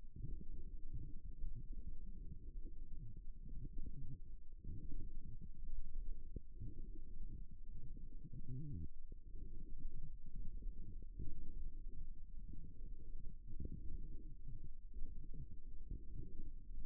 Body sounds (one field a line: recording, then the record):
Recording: forearm muscle sounds (acoustic myography)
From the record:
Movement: forearm supination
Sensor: system 1, eight BSWA MPA416 microphones around the upper forearm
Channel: 8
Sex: female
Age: 21 years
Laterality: right